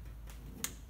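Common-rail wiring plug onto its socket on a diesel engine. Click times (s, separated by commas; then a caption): 0.6 s. The common-rail injector wiring plug on a Toyota Land Cruiser Prado or Hilux 1KD-FTV diesel engine is pushed back onto its socket after the EGR parts are bolted down, since a forgotten plug would end up hidden down in the engine. A faint tick comes at 0.3 s over a low steady background, then a single sharp, bright click at 0.6 s as the connector clicks in and seats.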